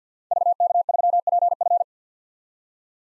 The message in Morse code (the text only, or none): VK3PF